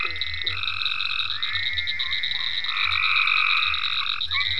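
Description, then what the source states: Frogs calling in a chorus: long overlapping trills of one to two seconds, a steady high whine above them and low pulsing croaks underneath. Several frogs in ponds at Venaura farm, recorded 27 May 2010.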